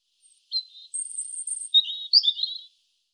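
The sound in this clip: European robin song phrase: a short thin whistle, a long very high sustained note, then rapid sweet warbling twitters, on a silent background.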